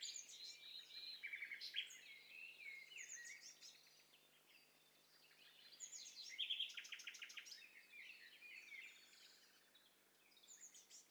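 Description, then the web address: A mix of birds chirping and trilling at once, dense overlapping high notes rising and falling in bursts, over soft background hiss. Mixture of several birds, stereo test set for separating overlapping bird calls. "Hi Fi STEREO BIRD COCKTAIL PARTY Challenge SBCP TESTSET HDBird Cocktail Party-040"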